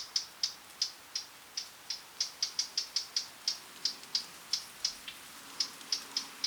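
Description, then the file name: Eurasian blackcap giving crisp, loud tack clicks in an uneven series, sometimes paired, sometimes with short pauses. "Sylvia atricapilla"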